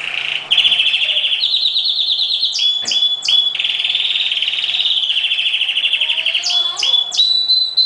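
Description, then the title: Oriental magpie-robin song: sustained fast buzzy trills, broken by sharp downward-sweeping whistled notes. "Kicau Kacer Durasi Panjang 1jam Lebih"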